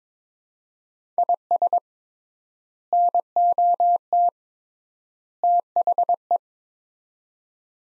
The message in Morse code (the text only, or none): IS NOT THE